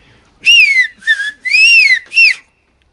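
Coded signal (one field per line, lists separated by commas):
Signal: whistled language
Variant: Aas whistled French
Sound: four clear gliding whistled syllables, rising and falling in pitch, speech-like rhythm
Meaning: My name is Jean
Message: je m'appelle Jean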